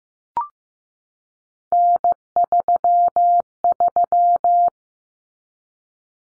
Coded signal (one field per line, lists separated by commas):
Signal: Morse code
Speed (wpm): 15 wpm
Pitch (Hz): 700 Hz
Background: none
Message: N33